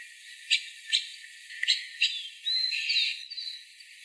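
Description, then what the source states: Common starling song: several dry clicking notes, then a drawn-out whistled phrase with gliding, wavering tones. Song (canto).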